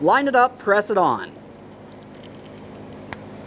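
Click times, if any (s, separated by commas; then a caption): 3.1 s. On a 2004-2008 Ford F-150 5.4L V8 during a fuel pump module replacement, the fuel pump wiring connector is lined up and pressed onto the frame harness along the driver's side frame while someone talks. After a quiet stretch, a sharp click sounds at 3.1 s as the connector seats, and it is then given a light tug to confirm it is secured.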